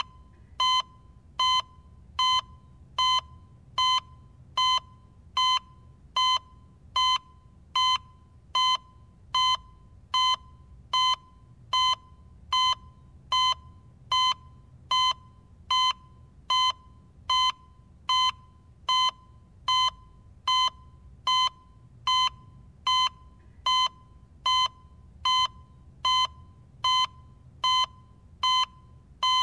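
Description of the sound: Short, clear beeps of the same pitch repeat at a steady 75 per minute over a faint hum. This is an electrocardiogram monitor sounding with each beat of a normal, regular heartbeat. It is a sound effect.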